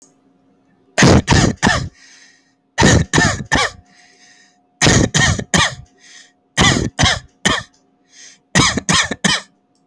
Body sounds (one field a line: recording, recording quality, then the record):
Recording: shallow voluntary cough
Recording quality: excellent, no background noise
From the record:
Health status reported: healthy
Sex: male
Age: 33 years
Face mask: not worn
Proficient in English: yes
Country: India